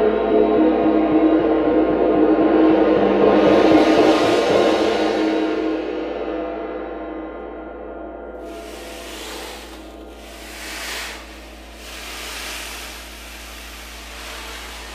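A gong swells to a loud, shimmering peak around four seconds, its bright wash building and then slowly fading. Steady low tones hum underneath throughout. After eight seconds, softer bursts of airy shimmer rise and fall every couple of seconds as the sound decays.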